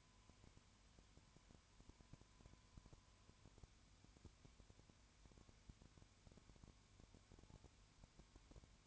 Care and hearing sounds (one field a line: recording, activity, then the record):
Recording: daily activity, microphone in the room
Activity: no activity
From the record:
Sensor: 2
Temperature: 20.0 degrees Celsius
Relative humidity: 32.1%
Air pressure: 1001.1 hPa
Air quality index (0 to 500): 55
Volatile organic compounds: 1 ppm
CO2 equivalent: 603 ppm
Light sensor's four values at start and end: 2/3/2/2 and 2/3/2/2